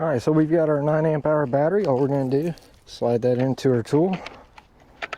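Someone talks while a 9 Ah slide-on lithium battery pack is pushed into the plastic battery mount of a DeWalt 60V Flexvolt cordless string trimmer power head. After the talking stops, a few short, sharp handling knocks are heard near the end at about 4.6, 5.0 and 5.1 seconds. The pack is still being handled and has not seated or clicked into place yet.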